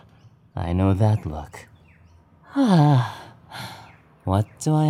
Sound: jokingly sighs